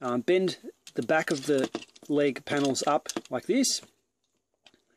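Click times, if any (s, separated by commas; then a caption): 4.7 s. Someone talks while the back leg panels of a Warbotron Sly Strike plastic transforming robot figure, a third-party Combaticon Swindle (WB01-C), are bent up and squeezed together. After the talk ends, a sharp snap at 4.7 s marks the panel halves clipping shut, and the join is secure.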